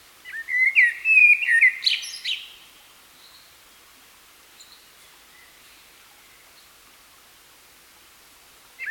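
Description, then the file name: Common blackbird delivering one loud fluted phrase with a jangling high ending, then a long near-silent pause. "Turdus merula"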